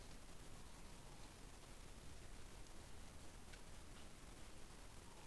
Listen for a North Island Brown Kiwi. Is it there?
no